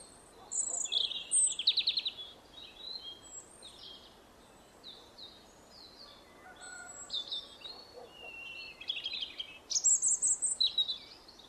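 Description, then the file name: European robin song: varied high, liquid phrases mixing thin whistles and fast trills, quieter midway and resuming with sharper rapid notes. "Erithacus rubecula"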